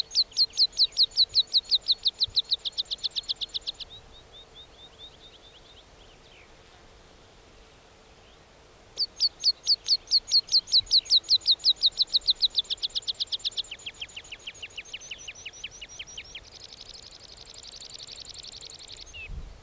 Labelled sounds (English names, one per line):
Meadow Pipit song